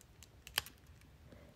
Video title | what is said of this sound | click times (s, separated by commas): HOW TO DEEP CLEAN & DESCALE YOUR KEURIG COFFEE MACHINE | I go ahead and just pop that in. You can hear it snap and click into place. | 0.6 s